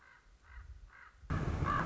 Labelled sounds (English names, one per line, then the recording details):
Common Raven
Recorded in Sonoma County, California